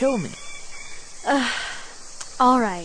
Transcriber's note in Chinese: Sigh